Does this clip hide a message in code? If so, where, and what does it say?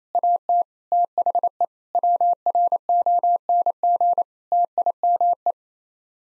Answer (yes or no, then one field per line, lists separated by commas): yes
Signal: Morse code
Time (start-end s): 0.1-5.5 s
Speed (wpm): 28 wpm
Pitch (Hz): 700 Hz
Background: none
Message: AT THE WRONG TIME